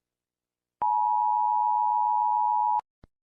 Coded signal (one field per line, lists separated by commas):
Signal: Emergency Alert System (SAME) tones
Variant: 853 and 960 Hz attention tone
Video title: My first EAS Scenario: The Purge (Dedicated to @LTB1360 )